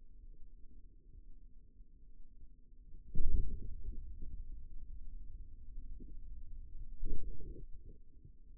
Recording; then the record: forearm muscle sounds (acoustic myography)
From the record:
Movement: radial deviation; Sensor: system 2, bracelet of six BSWA MPA416 microphones around the upper forearm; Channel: 3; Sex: male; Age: 22 years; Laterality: right